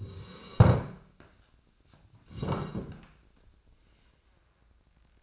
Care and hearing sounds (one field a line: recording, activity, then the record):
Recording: daily activity, microphone in the room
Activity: sit down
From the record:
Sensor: 2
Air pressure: 1012.1 hPa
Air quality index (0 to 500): 158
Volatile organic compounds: 2 ppm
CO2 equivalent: 1152 ppm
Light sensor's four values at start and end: 42/102/45/51 and 70/169/75/92